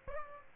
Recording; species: mosquito wingbeat signal from an infrared sensor; Aedes albopictus